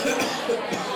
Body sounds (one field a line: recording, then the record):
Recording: coughing mixed with background sound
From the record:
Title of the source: Spring Cold Coughing 3